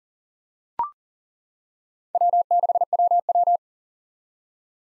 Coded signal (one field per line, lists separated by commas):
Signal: Morse code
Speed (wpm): 38 wpm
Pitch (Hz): 700 Hz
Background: none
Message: W6WW